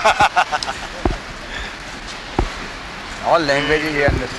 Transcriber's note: laughter